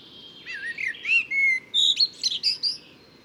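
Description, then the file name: Common blackbird giving a brief loud phrase of clear whistled notes sliding up and down, finishing with high thin twitters. "Turdus merula"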